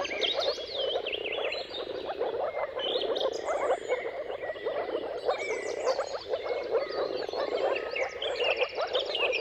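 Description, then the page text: Moor frog chorus, a constant soft gurgling from many frogs, accompanied by varied bird songs with whistles and rapid trills. Many moor frogs giving mating calls in a dawn chorus at sunrise, at the turn of March and April, timing depending on weather. "Jakub-Orzecki moor frogs. Dawn’s Chorus: Mating Calls of Marsh Frogs at Sunrise. Depending on the weather at the turn of March and April, you can witness an amazing spectacle of moor frogs"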